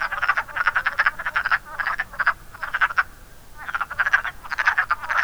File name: woodfrog